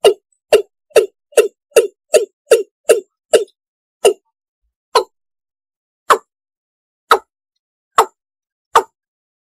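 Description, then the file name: Frog calling in short knocking pulses, a rapid run of about ten at first, then slowing to single calls about a second apart. "tieng ga dong"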